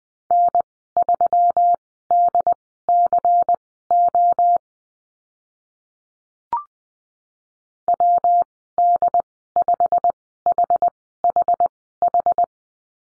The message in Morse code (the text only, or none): N3DCO WD5HHH